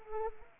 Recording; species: mosquito wingbeat signal from an infrared sensor; Anopheles arabiensis